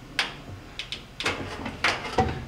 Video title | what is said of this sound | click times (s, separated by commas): Whirlpool Washer Repair - Not Spinning - Lid Switch | you'll feel it snap into place and kind of take | 0.2 s